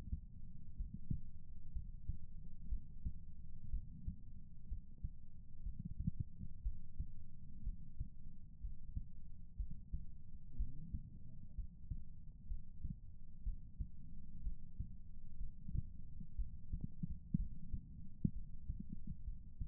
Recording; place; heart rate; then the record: heart sounds by stethoscope; pulmonary valve (PV); 60 bpm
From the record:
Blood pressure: 115/73 mmHg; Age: 34 years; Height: 163 cm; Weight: 62 kg